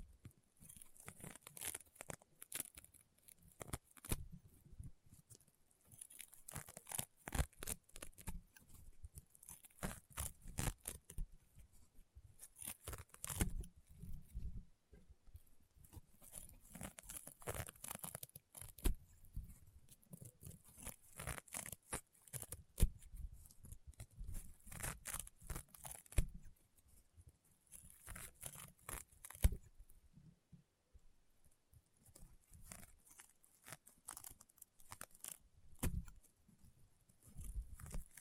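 Crunchy, popping slime being squeezed and pressed, with dense bursts of sharp crackles and pops that come in waves every few seconds. Soft low squelching sits under the bright snapping clicks, and brief quieter gaps separate the busier stretches.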